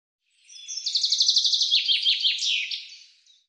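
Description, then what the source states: Bird call: a fast, even trill of about ten high buzzy notes, then a few lower, sharply falling notes that slow and fade out. Cleaned and normalized recording.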